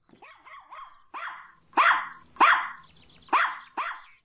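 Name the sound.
small dog barking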